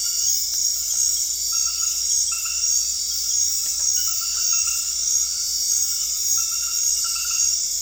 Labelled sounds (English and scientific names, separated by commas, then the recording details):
none
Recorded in dense forest near Puerto Asís, Putumayo, Colombia, on 20 February 2024 at 02:00
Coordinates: 0.485, -76.318
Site G6408